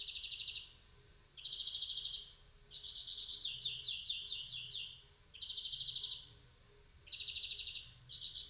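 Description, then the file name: European greenfinch giving buzzy, nasal wheezing notes about a second long, mixed with rapid twittering trills, repeated several times in quick succession. "Chloris chloris"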